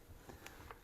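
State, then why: Not seated. A plastic battery compartment cover on an electronic home blood pressure monitor is handled after the battery goes in. Two short, sharp taps are heard at about 0.5 and 0.7 seconds over a quiet background. Nothing has seated or clicked into place yet.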